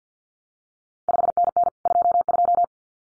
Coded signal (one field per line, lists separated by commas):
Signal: Morse code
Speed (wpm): 50 wpm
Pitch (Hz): 700 Hz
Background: none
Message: 5NN 22